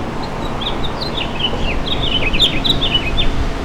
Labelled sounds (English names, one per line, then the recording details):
House Finch song
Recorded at Patchogue on Long Island, New York, on 21 June 2013
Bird F